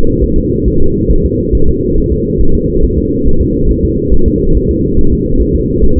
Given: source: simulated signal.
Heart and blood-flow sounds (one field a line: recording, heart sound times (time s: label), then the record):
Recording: fetal heart sounds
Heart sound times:
0.24 s: S1
0.38 s: S2
0.68 s: S1
0.82 s: S2
1.11 s: S1
1.25 s: S2
1.55 s: S1
1.69 s: S2
1.98 s: S1
2.12 s: S2
2.41 s: S1
2.55 s: S2
2.84 s: S1
2.98 s: S2
3.27 s: S1
3.41 s: S2
3.71 s: S1
3.85 s: S2
4.14 s: S1
4.28 s: S2
4.57 s: S1
4.71 s: S2
4.99 s: S1
5.13 s: S2
5.41 s: S1
5.56 s: S2
5.84 s: S1
5.98 s: S2
From the record:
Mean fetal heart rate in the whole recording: 140 bpm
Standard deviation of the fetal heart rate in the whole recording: 2 bpm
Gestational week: 34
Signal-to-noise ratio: -19.1 dB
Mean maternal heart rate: 72 bpm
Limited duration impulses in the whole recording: present